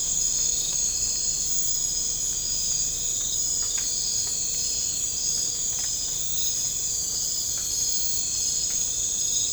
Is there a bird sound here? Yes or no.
no